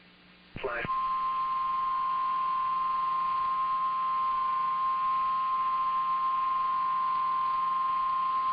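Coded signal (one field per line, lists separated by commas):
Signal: Emergency Alert System (SAME) tones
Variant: 853 and 960 Hz attention tone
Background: speech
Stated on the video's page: EAS alerts for California flooding and storms.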